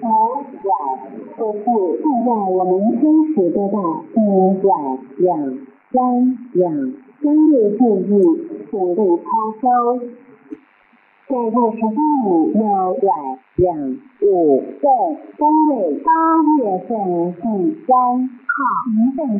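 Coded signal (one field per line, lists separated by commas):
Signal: numbers station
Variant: V13, Chinese military reading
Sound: a voice reading steadily in Chinese with brief pauses between phrases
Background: faint radio hiss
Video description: Star Broadcasting Station is a Taiwan clandestine shortwave number station which send instructions to agencies/spies working in P. R. C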